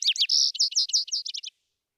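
Vesper sparrow song fragment: a jumble of bright buzzy and sweet notes, then a quick run of slurred chips, ending after about one and a half seconds in silence.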